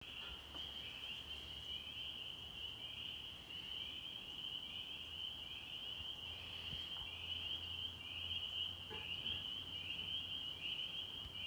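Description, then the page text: Spring peeper chorus: many high, short, upslurred peeps overlapping continuously, forming a dense ringing band, over a low steady hum. Recorded in Maryland. "Spring Peeper by drjane via iNaturalist"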